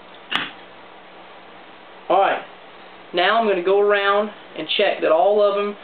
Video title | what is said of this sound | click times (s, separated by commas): Aladdin Oil Lamp : Putting together your top assembly | and then we're going to give it us a a firm push down until it snaps in wiggling gently | 0.4 s